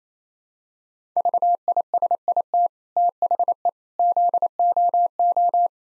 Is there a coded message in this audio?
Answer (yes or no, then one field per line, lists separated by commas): yes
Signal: Morse code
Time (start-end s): 1.2-5.7 s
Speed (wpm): 27 wpm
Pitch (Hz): 700 Hz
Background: none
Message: VISIT THE ZOO